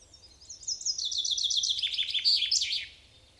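Common chaffinch song, a fast series of bright notes descending in steps, closing with an emphatic terminal flourish, lasting about two and a half seconds.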